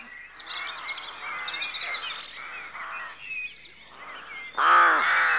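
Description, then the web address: Rooks calling softly among a busy dawn chorus of whistling songbirds, then one loud harsh caw near the end. Rookery at dawn, rural exterior atmosphere. "The BBC Sound Effects Library - Complete 60 CDs Collection Sound Effects Library-52 (Exterior Atmospheres-Rural Backg) Rookery Dawn"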